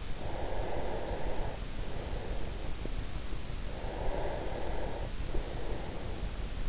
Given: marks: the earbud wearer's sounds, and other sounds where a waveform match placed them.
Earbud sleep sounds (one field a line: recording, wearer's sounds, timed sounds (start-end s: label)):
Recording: sounds in sleep by an in-ear microphone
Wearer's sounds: breath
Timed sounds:
0.19-3.24 s: breath
3.61-6.57 s: breath